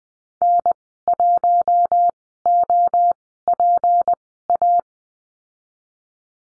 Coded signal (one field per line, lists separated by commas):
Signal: Morse code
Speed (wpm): 19 wpm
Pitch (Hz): 700 Hz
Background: none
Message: N 1 O P A